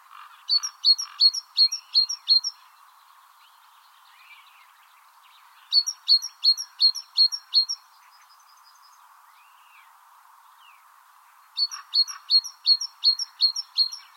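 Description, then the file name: Great tit song: bright two-note phrases, high then lower, repeated quickly in three bursts of about six, with pauses between, over a steady low hum. "Parus major"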